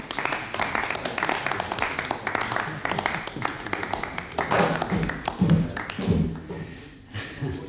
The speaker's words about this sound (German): Nun na, ein bisschen nach einem freundlichen Beifall für unseren irren Gast.